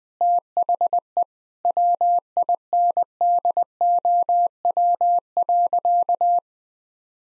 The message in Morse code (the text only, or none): THE WINDOW.